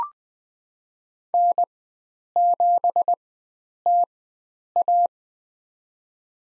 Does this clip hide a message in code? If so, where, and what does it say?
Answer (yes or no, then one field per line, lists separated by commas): yes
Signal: Morse code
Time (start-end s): 1.3-5.1 s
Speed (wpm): 20 wpm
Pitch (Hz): 700 Hz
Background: none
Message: N7TA